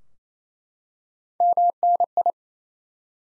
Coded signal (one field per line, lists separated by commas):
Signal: Morse code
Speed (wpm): 28 wpm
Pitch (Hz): 700 Hz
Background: none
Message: MNI